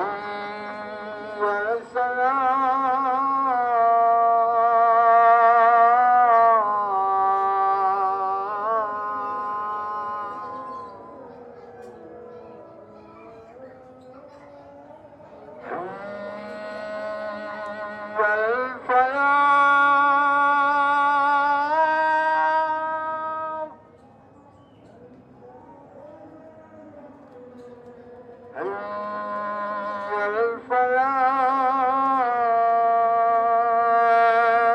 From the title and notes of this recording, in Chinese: Urban Soundscapes - East Java, call to evening prayers in Surabaya recorded by Nigel Brown。東爪哇泗水市區的街巷空間，以及正值穆斯林晚間拜禱時刻的聲音風景。